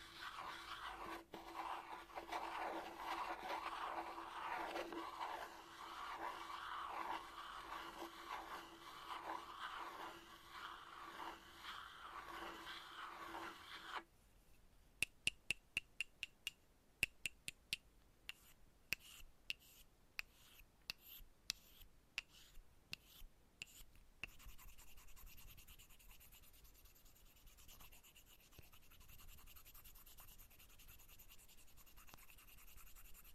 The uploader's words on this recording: ASMR Playing With Chalk Asmr Tapping and Scratching No Talking.